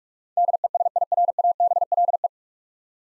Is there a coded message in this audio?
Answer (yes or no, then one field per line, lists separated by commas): yes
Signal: Morse code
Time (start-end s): 0.4-2.3 s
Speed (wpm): 46 wpm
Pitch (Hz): 700 Hz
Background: none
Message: DESIRABLE